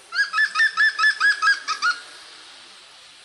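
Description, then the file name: European green woodpecker call: a fast series of several loud, ringing yelping notes over about two seconds, then quiet background hiss. "groennspett"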